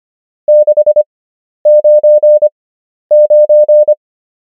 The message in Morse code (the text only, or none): 699